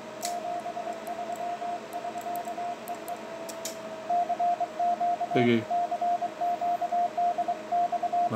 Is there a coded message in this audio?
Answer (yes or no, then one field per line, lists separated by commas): yes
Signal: Morse code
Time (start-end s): 0.2-8.3 s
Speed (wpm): 25 wpm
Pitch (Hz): 700 Hz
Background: speech, radio noise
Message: 73 <SK> EE CQ CQ DX